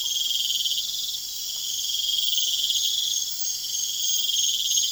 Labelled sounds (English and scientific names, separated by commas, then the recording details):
none
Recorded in pastures near Puerto Asís, Putumayo, Colombia, on 30 June 2025 at 22:30
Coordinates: 0.502, -76.324
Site G010